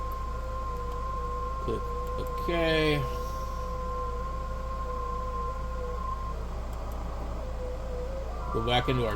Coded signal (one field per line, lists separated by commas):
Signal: FT8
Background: speech